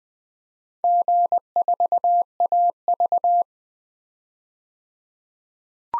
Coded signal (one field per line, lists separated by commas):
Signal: Morse code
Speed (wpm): 20 wpm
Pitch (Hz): 700 Hz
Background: none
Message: G4AV